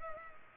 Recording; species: mosquito wingbeat signal from an infrared sensor; Culex pipiens